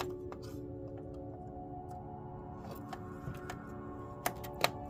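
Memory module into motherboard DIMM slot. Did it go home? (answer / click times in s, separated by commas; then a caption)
yes / 4.3 s, 4.6 s. The first memory module is pressed into a DIMM slot on an HP Z4 G4 workstation motherboard, with a faint steady tonal background and a few soft ticks. Both retention latches snap closed with two sharp clicks at 4.3 s and 4.6 s. The module is seated.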